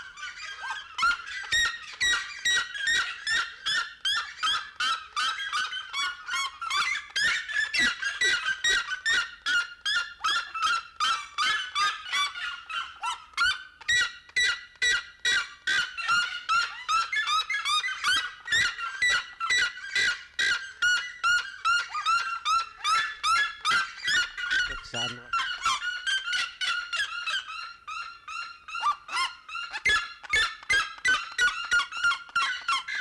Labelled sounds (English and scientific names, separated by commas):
Black-legged Seriema (Chunga burmeisteri) call